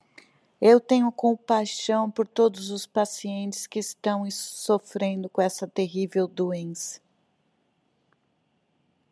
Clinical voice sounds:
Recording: short text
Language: Brazilian Portuguese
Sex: female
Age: 50 to 59 years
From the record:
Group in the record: control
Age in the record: 57 years

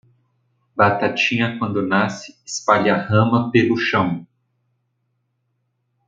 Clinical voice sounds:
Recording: short text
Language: Brazilian Portuguese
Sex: male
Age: 40 to 49 years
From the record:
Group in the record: control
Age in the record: 49 years

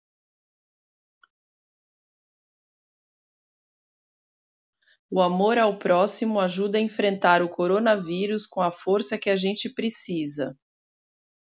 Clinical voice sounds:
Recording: spoken sentence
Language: Brazilian Portuguese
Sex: female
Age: 40 to 49 years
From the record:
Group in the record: control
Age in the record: 48 years

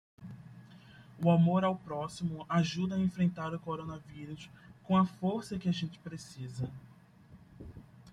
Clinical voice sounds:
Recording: spoken sentence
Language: Brazilian Portuguese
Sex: male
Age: 20 to 29 years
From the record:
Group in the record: control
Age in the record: 25 years

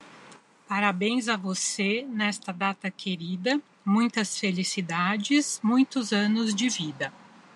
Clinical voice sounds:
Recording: short text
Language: Brazilian Portuguese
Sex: female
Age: 40 to 49 years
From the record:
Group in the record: control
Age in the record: 49 years

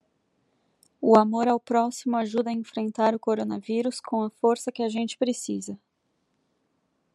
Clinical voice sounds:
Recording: spoken sentence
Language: Brazilian Portuguese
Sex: female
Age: 30 to 39 years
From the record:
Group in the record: control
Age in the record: 31 years

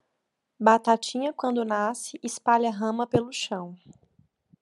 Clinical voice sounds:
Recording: short text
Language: Brazilian Portuguese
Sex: female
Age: 30 to 39 years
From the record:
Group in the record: control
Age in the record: 31 years

